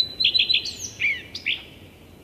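Common Redstart song phrase: a high steady whistle, three quick repeated notes, then a descending twittering and squeaky ending.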